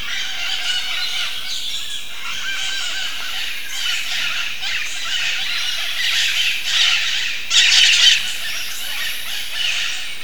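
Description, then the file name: Bird calls, a dense stretch of harsh, squawking notes overlapping throughout, with a louder burst near the eighth second over steady background hiss. "SABIOD 50 bird 2015"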